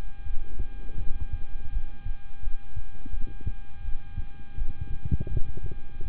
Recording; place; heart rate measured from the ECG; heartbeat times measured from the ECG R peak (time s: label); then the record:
heart sounds by stethoscope; between the tricuspid and mitral areas; 83 bpm
0.23 s: heartbeat
0.97 s: heartbeat
1.70 s: heartbeat
2.41 s: heartbeat
3.10 s: heartbeat
3.82 s: heartbeat
4.55 s: heartbeat
5.28 s: heartbeat
6.03 s: heartbeat
From the record:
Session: rest, lying down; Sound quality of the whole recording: good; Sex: male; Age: 26 years